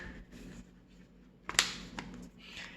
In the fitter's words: and it goes on very easy it's just snap right in